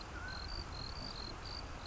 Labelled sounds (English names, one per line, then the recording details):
Mountain Quail
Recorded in Sonoma County, California